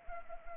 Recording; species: mosquito wingbeat signal from an infrared sensor; Anopheles arabiensis